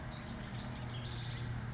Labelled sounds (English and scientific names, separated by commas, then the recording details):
House Wren (Troglodytes aedon)
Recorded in Sonoma County, California